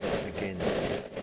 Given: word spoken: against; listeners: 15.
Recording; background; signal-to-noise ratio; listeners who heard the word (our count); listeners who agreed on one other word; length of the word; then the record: one English word in noise, from a listening test; noise modulated by three-talker babble; -7.0 dB; 5 of 15; 6 of 15; 0.83 s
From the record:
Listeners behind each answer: 6, 5, 2, 1, 1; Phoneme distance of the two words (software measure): 41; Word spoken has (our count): 2 syllables, 6 phonemes, stress on syllable 2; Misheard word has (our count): 2 syllables, 5 phonemes, stress on syllable 2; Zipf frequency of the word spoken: 5.53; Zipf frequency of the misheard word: 4.77